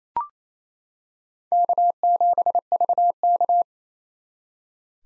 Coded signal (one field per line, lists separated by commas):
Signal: Morse code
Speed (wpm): 28 wpm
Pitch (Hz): 700 Hz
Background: none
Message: K7VK